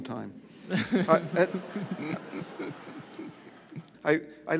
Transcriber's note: soundbite of laughter